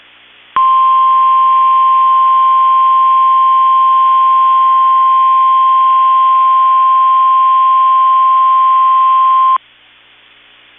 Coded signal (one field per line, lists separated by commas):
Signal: Emergency Alert System (SAME) tones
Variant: 1050 Hz attention tone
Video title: KEC65 Required Weekly Test (EAS #268)